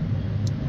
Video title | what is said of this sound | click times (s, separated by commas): TOYOTAwigo P0203 INJECTOR #3 MISFIRE. HOW to fix? (by jess Automotive) | narinig niyo lumagitik ilagay natin ngayon yung ano yung | 0.5 s